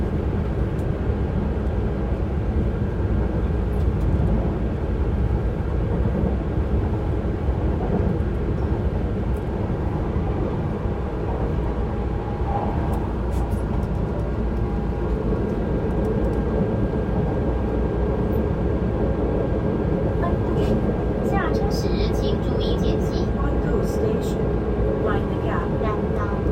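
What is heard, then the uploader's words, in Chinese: A steady, loud hum fills a quiet metro carriage on the move, low and thick with a constant mid-pitched drone from the air conditioning. The level barely changes throughout. Near the end, brief bright chirps and squeaks rise over the hum, likely wheels or brakes. 台北捷運淡水線。安靜且冷漠的捷運車廂裡。捷運冷氣嗡嗡聲超大聲。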